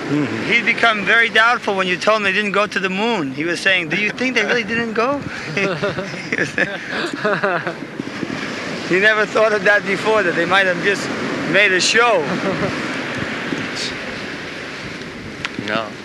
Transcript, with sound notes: He had become very doubtful when you told him they didn't go to the moon. He was saying, "Do you think they really didn't go?" [laughter] He never thought of that before, that they might have just made a show.
No,